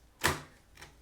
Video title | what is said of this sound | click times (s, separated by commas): Brother HL-L3220CDW : How to Replace the Toner Cartridges | And at the end, push in the middle here until it clicks in place. | 0.3 s